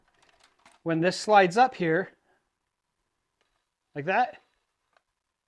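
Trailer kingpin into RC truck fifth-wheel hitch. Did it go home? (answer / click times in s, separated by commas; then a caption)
no / none. A trailer's kingpin is being handled into the fifth-wheel hitch of a HobbyPlus Terranaut 8x8, a 1/18 scale RC truck, as it backs up to a plastic trailer. Someone talks from about 0.8 to 2.1 seconds and again around 4.0 seconds, with a few faint, brief ticks near the start and one at about 5.0 seconds. Nothing has seated or clicked yet; the clip ends just before the kingpin locks into the fifth wheel.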